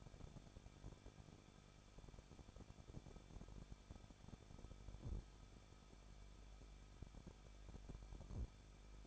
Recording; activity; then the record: daily activity, microphone in the room; no activity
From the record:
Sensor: 5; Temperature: 20.9 degrees Celsius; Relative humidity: 38.2%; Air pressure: 1006.4 hPa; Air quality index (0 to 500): 187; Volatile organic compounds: 18 ppm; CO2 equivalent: 2627 ppm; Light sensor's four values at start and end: 2/3/1/1 and 2/3/1/1